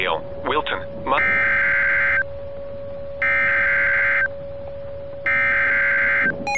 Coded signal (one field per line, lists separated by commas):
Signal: Emergency Alert System (SAME) tones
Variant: header bursts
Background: speech